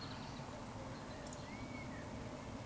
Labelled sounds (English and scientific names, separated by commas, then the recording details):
Eurasian Woodcock (Scolopax rusticola)
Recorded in Baden-Württemberg, Germany, on 16 June 2020 at 19:35 UTC
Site 14569, 102 m above sea level